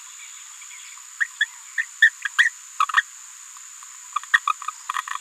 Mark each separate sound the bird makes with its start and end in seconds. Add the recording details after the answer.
1.20-1.25, 1.40-1.45, 1.78-1.83, 2.02-2.09, 2.38-2.49, 2.79-2.83, 2.96-3.02, 4.16-4.18, 4.33-4.38, 4.47-4.49. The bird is a female. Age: 27 days. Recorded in a nest box in Venezuela. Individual 17B73B2